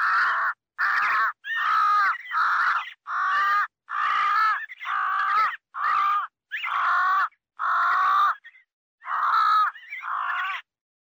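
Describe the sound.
Crow giving a run of harsh, hoarse caws, about one per second, some notes slightly longer and drawn out, pauses between calls.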